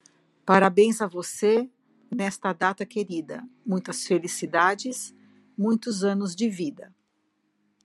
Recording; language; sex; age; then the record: short text; Brazilian Portuguese; female; 60 to 69 years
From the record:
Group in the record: control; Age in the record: 61 years